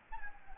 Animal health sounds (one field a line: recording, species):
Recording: mosquito wingbeat signal from an infrared sensor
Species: Anopheles gambiae